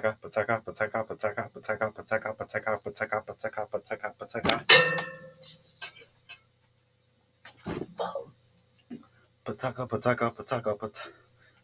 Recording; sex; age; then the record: repeated syllables /pa ta ka/; male; 40 to 49 years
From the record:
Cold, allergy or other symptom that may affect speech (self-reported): no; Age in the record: 40 years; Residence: Texas, United States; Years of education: 12